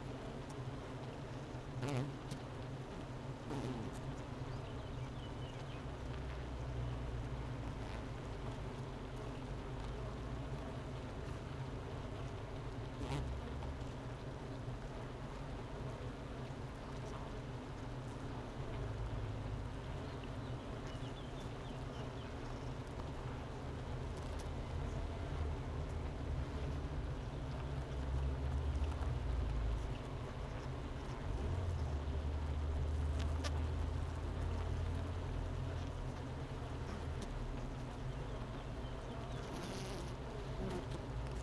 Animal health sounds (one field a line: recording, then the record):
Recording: honeybee colony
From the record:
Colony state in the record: missing queen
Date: 31 May 2018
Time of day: 11:18